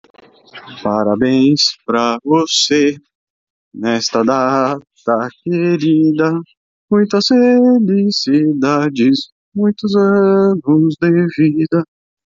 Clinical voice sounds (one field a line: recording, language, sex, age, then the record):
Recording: short text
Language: Brazilian Portuguese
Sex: male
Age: 30 to 39 years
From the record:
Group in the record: control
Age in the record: 38 years